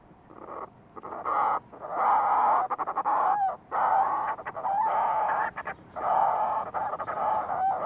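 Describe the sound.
Fulmar prion calling with harsh, throaty chatter broken into rhythmic pulses and a few brief gaps, rising and falling in loudness over several seconds.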